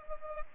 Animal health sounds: mosquito wingbeat signal from an infrared sensor; Culex pipiens

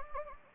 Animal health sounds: mosquito wingbeat signal from an infrared sensor; Anopheles gambiae

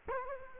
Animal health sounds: mosquito wingbeat signal from an infrared sensor; Culex quinquefasciatus

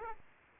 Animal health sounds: mosquito wingbeat signal from an infrared sensor; Aedes aegypti

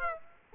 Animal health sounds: mosquito wingbeat signal from an infrared sensor; Aedes aegypti

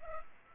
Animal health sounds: mosquito wingbeat signal from an infrared sensor; Culex pipiens

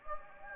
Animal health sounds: mosquito wingbeat signal from an infrared sensor; Anopheles gambiae

